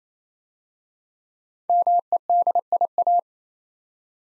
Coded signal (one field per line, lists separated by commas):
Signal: Morse code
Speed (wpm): 27 wpm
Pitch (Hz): 700 Hz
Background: none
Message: MEDIA